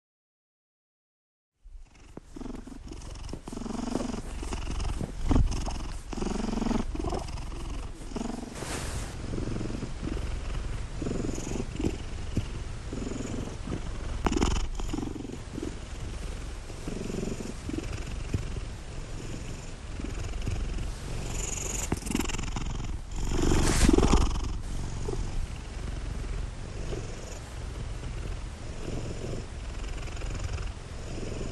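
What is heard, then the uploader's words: A cat purrs, a steady low rumble that starts after a brief silence and continues with a gentle rhythmic pulse. Occasional soft rustles and clicks break through, most noticeably around 9, 14 and 24 seconds. Our cat, Addy, purring.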